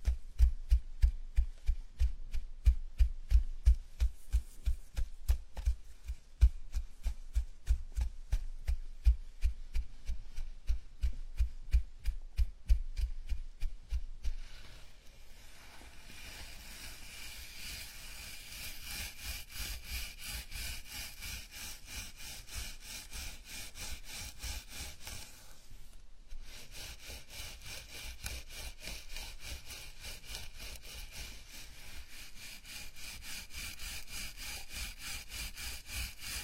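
Scalp massage with steady, rhythmic strokes, each a soft scratchy rub with a dull thump beneath, repeating quickly and evenly for about fifteen seconds. Then the strokes turn lighter and faster into a dense, bright hiss of rubbing through hair, pausing briefly near twenty-six seconds.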